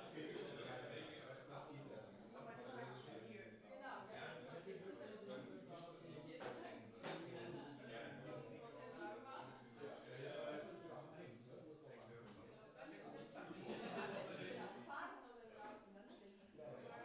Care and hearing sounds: everyday scene through a hearing-aid microphone; many people talking; many voices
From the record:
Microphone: in the ear canal, left

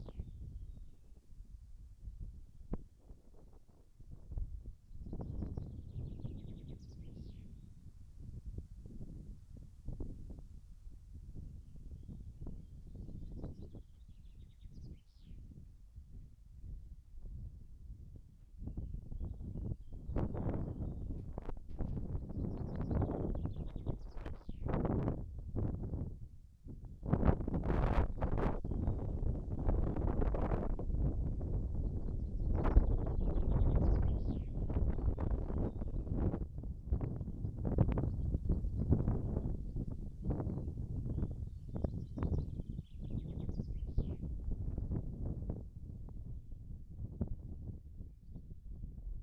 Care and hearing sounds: everyday scene through a hearing-aid microphone; wind on the microphone; wind, birds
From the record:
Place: in front of a rural house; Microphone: behind the ear, right, rear

